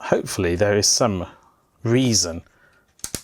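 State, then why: Seated. Someone talks, then a metal-tipped peg is pushed into a socket of a wooden and acrylic puzzle box. Two sharp snaps are heard at 3.0 s and 3.2 s, as if something else moved as well, and the peg seats.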